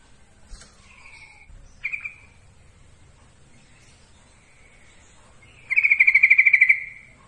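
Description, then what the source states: Yellow-vented bulbul song: two brief trilled notes, a pause with faint sounds, then a loud, evenly pulsed rattling trill lasting about a second. Masteran song, for training cage birds to learn the song.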